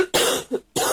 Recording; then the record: coughing mixed with background sound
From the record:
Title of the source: 30 Chesty and wet cough